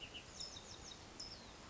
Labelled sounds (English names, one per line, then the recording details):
California Towhee
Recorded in Sonoma County, California